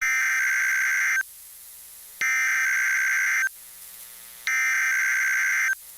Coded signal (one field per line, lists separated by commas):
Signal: Emergency Alert System (SAME) tones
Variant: header bursts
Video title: WWG41 Required Weekly Test (4/17/24) EAS #76